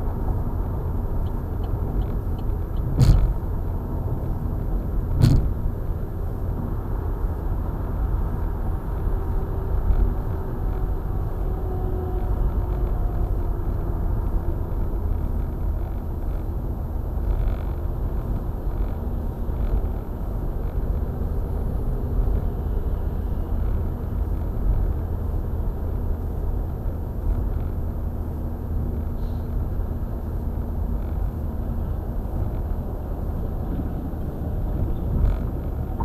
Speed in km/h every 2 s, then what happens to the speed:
97, 96, 97, 97, 97, 96, 97, 96, 90, 90, 88, 93, 92, 92, 92, 92, 89, 85.
0-14 steady at about 97. 14-20 slows to 88. 20-29 steady at about 92. 29-36 slows to 85.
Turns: none.